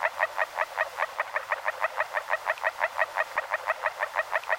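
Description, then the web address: Agile frog giving a steady run of short croaking notes, sustained through the whole stretch. "Fotoim Hangok Rana dalmatina"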